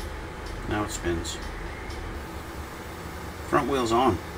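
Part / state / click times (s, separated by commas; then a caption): plastic front wheel onto model car axle / not seated / none. Someone handles the other plastic front wheel of a Valvoline fuel dragster model, about to press it onto its axle. Someone talks in short bursts over a steady low background hum, with no sharp sounds. The wheel has not seated or clicked onto the axle yet.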